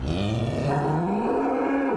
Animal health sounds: contact call of a hoofed animal; cattle; low-frequency (closed-mouth) or high-frequency (open-mouth) call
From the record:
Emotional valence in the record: negative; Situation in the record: full separation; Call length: 2.0 s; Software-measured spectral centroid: 1340 Hz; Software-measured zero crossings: 1070 a second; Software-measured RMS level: -24 dBFS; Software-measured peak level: -13 dBFS

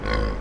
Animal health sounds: contact call of a hoofed animal; wild boar; grunt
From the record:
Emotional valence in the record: positive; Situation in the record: food anticipation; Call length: 0.41 s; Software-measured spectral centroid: 1710 Hz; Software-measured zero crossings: 1060 a second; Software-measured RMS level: -24 dBFS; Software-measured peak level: -9 dBFS

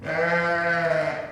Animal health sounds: contact call of a hoofed animal; sheep; low-frequency (closed-mouth) or high-frequency (open-mouth) call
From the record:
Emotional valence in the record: negative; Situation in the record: short social isolation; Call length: 1.31 s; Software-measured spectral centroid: 1720 Hz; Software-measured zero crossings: 2140 a second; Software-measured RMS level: -24 dBFS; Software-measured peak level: -10 dBFS

